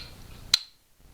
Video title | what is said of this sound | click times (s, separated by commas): MAG CLEAN PX4 STORM MADE EASY. | Now here's the deal, you're going to hear it click. | 0.5 s